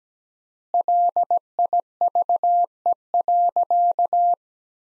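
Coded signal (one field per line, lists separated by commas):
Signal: Morse code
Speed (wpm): 17 wpm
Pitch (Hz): 700 Hz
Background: none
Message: LIVE.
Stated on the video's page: Practice sentences from the top 300 words at 17 wpm with 3x standard word spacing, analogous to the Farnsworth method.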